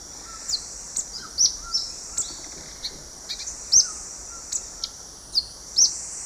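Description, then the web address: White-vented euphonia singing several sharp, very high chips at irregular intervals, set against a constant buzzing insect background. Song recorded in the eastern lowlands of South America. "Natures Songs S America Eastern Lowlands Euphonia minuta, song"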